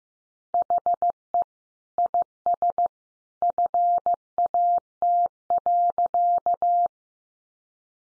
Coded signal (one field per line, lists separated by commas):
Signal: Morse code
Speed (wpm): 15 wpm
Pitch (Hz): 700 Hz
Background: none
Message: HE IS FAT.